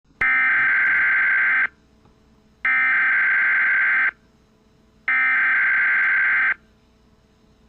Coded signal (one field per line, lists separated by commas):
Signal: Emergency Alert System (SAME) tones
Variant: header bursts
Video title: Its my 2nd time making a good EAS vid so no judge (and sorry for the misspelling of Governor))